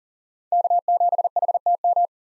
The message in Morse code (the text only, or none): K7HTM